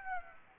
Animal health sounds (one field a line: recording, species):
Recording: mosquito wingbeat signal from an infrared sensor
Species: Aedes aegypti